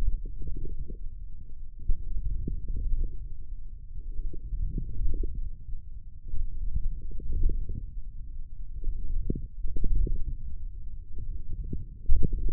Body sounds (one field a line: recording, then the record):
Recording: forearm muscle sounds (acoustic myography)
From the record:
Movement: forearm pronation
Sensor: system 1, eight BSWA MPA416 microphones around the upper forearm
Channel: 5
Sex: male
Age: 28 years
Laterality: right